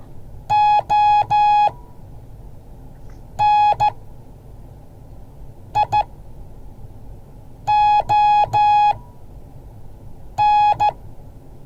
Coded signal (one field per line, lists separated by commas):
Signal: Morse code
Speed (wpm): 14 wpm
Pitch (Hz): 840 Hz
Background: none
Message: ONION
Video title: Morse code class 2023-01-20